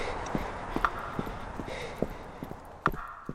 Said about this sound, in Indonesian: Tiba-tiba, Kai mendengar langkah kaki menghampiri.